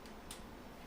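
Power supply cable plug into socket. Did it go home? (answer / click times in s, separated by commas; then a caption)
yes / 0.3 s. A new power supply cable plug is pushed into its socket and latches with a short, sharp click at 0.3 s, heard as a brief high-frequency tick over a steady low background hum. The plug is seated and clicked into place.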